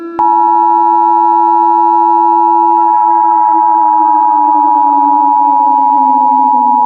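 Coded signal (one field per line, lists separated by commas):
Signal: Emergency Alert System (SAME) tones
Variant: 853 and 960 Hz attention tone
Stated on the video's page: Fictional EAS scenario, not a real alert.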